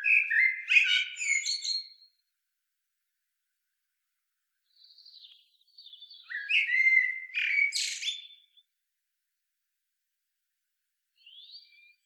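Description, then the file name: Common blackbird song with a rapid twittering phrase, quiet high notes after a pause, then a fuller squeaky, chattery phrase and a faint closing note. "Turdus merula"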